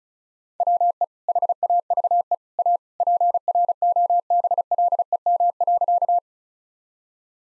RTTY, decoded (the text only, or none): none